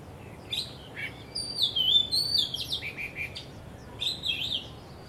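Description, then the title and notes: Bird song as a jumbled run of high twittering and sliding whistled notes, loudest in the first half, over faint background hiss. Birds singing vigorously at Wu Kai Sha, Hong Kong, on 15 December 2006, recorded with AKG condenser microphones in XY stereo. "香港 烏溪沙 雀鳥勁唱歌 Date: 15 December 2006"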